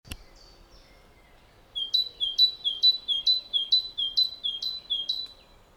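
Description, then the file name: Great tit giving a quick, even run of many bright, sharp two-part notes, high and ringing, after a click and a few thin chirps. "Parus major"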